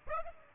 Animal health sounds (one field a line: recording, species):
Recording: mosquito wingbeat signal from an infrared sensor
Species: Aedes aegypti